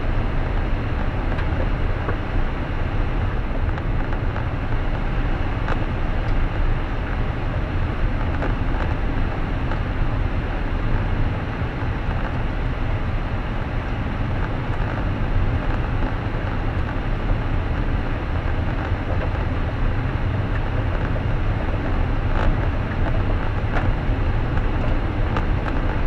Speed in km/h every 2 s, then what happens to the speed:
47, 48, 49, 50, 52, 54, 55, 56, 56, 58, 59, 59, 58.
0-20 speeds up to 59. 20-26 steady at about 59.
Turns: none.